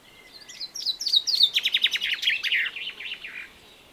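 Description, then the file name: Common chaffinch song, a bright series of chirps tumbling downward in pitch. "Fringilla coelebs"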